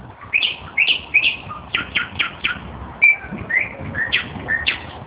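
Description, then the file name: Nightingale song: varied whistled phrases and rapid repeated notes, some rising slurs, pausing between bursts, with faint low background rumble. "solovei"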